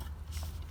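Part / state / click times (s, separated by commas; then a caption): amplifier harness plug into the truck's audio control module / not seated / none. The amplifier harness plug is being handled at the audio control module of a 2015–2022 Ford F-150 or 2017–2022 Ford F-250–450 truck during a Kicker KEY 200.4 200-watt plug-and-play amp kit install. It is a tight fit. Low rumbling handling noise and faint rustles are heard, and nothing has seated or clicked yet.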